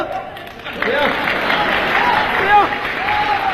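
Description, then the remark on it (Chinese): Audience applause swells after a quiet first moment into a steady, dense wash of clapping that holds to the end, with a voice talking over it. “一言为定， 各位当个裁判员 啊、哦，您得听着点， 说上来你的鼓掌，我可收徒弟啊。”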